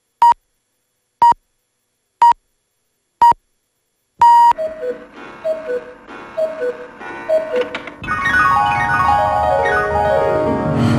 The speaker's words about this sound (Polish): Kukułka oznajmiła zatem po 16 program trzeci Polskiego Radia.